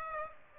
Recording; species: mosquito wingbeat signal from an infrared sensor; Aedes aegypti